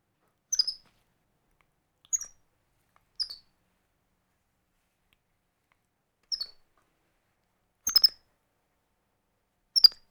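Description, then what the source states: Capuchin monkey uttering short shrill chirps at irregular intervals, six brief squeaky bursts spread across the stretch with silence between. Scared.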